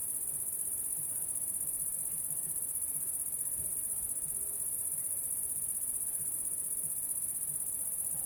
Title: 30430 Saint-Privat-de-Champclos, France - cricket la sabliére